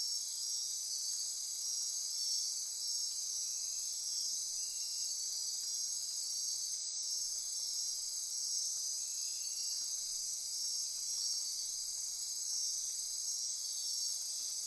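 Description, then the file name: Insect chorus, a bright continuous ringing wall of high trills that holds steady throughout, with soft lower buzzing notes drifting in. Insect chorus recorded at midnight near Corcovado. "Wind-is-the-Original-Radio-Fridays 20240628 Andy-Martin Midnight-Insect-Chorus-Near-Corcovado"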